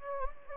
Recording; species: mosquito wingbeat signal from an infrared sensor; Anopheles gambiae